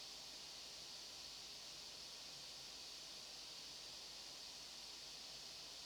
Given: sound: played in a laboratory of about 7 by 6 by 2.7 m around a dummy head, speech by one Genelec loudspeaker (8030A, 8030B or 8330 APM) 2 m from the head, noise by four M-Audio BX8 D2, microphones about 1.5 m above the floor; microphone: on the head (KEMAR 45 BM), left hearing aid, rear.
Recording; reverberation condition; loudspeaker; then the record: white noise; low; four, about 170 cm from the corners of the room and facing them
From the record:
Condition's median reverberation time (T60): about 310 ms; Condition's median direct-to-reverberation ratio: about 3.5 dB